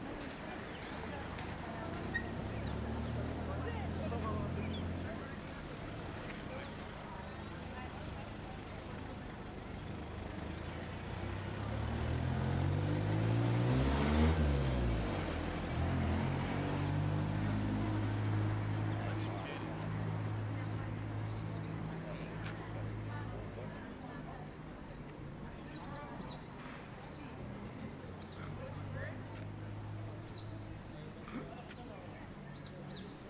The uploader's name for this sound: Walking Around Willemstad Curacao